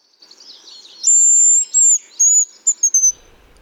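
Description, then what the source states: Hazel Grouse call: very high, thin whistled notes, a long drawn whistle followed by two shorter ones, ending in a few quick clipped notes. Male; secretive bird living mostly on the forest floor, sometimes on branches, more often heard than seen.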